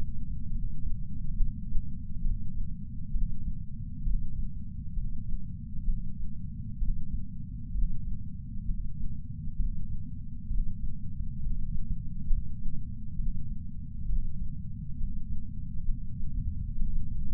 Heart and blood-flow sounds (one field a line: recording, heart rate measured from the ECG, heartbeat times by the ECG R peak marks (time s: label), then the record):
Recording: heart sounds by patch sensor on the chest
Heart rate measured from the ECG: 66 bpm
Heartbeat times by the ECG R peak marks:
0.52 s: heartbeat
1.37 s: heartbeat
2.22 s: heartbeat
3.12 s: heartbeat
4.04 s: heartbeat
4.94 s: heartbeat
5.85 s: heartbeat
6.79 s: heartbeat
7.72 s: heartbeat
8.66 s: heartbeat
9.57 s: heartbeat
10.48 s: heartbeat
11.40 s: heartbeat
12.28 s: heartbeat
13.16 s: heartbeat
14.06 s: heartbeat
14.97 s: heartbeat
15.86 s: heartbeat
16.77 s: heartbeat
From the record:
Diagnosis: coronary artery disease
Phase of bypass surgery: preoperative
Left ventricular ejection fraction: 43.1%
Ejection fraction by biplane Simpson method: 44.4%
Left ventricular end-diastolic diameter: 60 mm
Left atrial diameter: 37 mm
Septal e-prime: 5.3 cm/s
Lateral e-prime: 8.1 cm/s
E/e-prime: 7.6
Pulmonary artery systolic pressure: 20 mmHg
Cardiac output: 4.08 L/min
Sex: male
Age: 57 years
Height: 183 cm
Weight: 85 kg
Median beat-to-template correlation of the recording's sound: 0.82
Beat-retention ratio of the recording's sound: 0.97